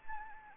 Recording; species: mosquito wingbeat signal from an infrared sensor; Anopheles gambiae